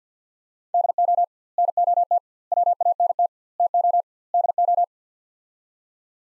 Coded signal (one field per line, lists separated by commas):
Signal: Morse code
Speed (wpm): 50 wpm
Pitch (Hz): 700 Hz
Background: none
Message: DO NOT WANT TO DO